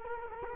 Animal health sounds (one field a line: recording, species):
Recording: mosquito wingbeat signal from an infrared sensor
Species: Culex quinquefasciatus